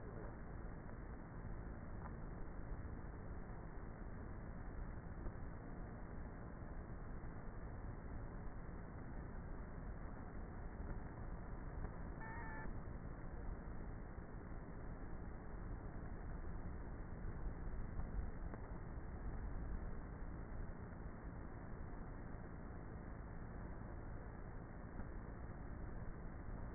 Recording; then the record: honeybee colony, microphone inside the hive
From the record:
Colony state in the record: queenless with a low population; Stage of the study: before two queens were removed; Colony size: about 30,000 bees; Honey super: no